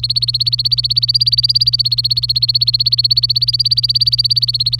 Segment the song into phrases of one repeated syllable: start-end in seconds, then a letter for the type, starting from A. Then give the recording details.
0.00-4.79 A. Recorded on 24 April 2018 at 09:34. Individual llb3